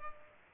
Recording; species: mosquito wingbeat signal from an infrared sensor; Culex pipiens